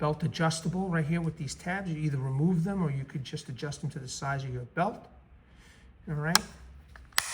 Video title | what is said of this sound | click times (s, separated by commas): Legion Premiere Look at the SDOKEDC Clip Point Hunter in 14c28n Steel | Locks into place. | 7.2 s